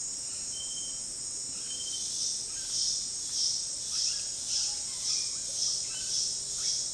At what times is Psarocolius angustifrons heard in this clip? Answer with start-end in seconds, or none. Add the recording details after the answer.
3.85-6.93. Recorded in dense forest near Puerto Asís, Putumayo, Colombia, on 21 February 2024 at 17:30. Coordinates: 0.499, -76.324. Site G6469